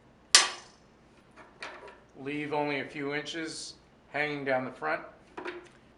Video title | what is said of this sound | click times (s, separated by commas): HappyJapan HCS3-1201 Assembly 3 of 3: Installing Thread Cones, Tubular Sewing Arm, Power-On. | insert the bobbin case press make sure it's locked into place | 0.3 s